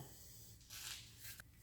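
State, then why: Seated. A sensor wiring connector is pushed back onto the oil filter housing of a 2006 Audi A4 after an oil change. Soft rustling friction bursts come first, then a single short, sharp click at 1.4 s. The connector is fully seated.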